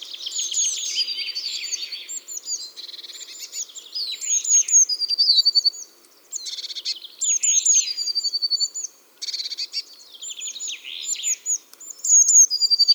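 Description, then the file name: Repeated Eurasian blue tit song phrases separated by short gaps, high piercing notes running into rapid chattering trills. "Cyanistes caeruleus"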